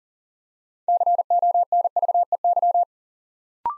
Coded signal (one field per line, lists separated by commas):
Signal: Morse code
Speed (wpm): 42 wpm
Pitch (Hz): 700 Hz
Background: none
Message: CONVEY